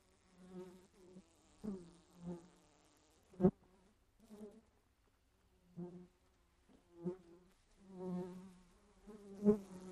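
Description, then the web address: Fly giving short, separate low buzzes with silent gaps between, mixed with a few crisp taps. "flies"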